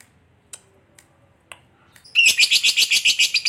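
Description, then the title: Lovebird: a few faint ticks, then loud, rapid, high-pitched chattering. Lovebird said, judging from its calling style, to look very clever at 'memancing' (luring). "Dari Gayanya Lovebird Ini Terlihat Pintar Sekali Memancing"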